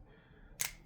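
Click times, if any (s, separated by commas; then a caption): 0.6 s. A small button on a plastic action figure is pressed, releasing its locked-down spring-loaded arms. After quiet background hiss, the arms spring up with a sharp, bright snap at 0.6 s that quickly fades, and the arm latch is released.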